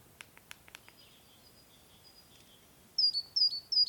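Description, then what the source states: Great tit calls, a few short high metallic notes repeated quickly near the end, after faint clicks and thin whistled tones. Played back; call described as sounding a bit metallic, like 'wip, wip, wip'.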